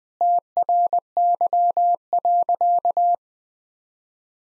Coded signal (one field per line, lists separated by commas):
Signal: Morse code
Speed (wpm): 20 wpm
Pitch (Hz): 700 Hz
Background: none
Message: TRY.